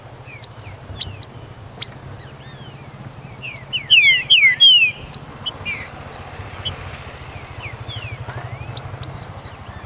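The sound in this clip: Green-winged saltator giving one loud phrase of clear downslurred whistles midway, with busy high chirping and ticking around it.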